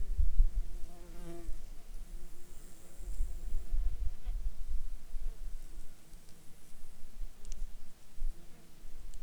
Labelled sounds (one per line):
insects